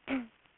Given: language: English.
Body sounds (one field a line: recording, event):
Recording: throat vibration sensor signal played as sound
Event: throat clearing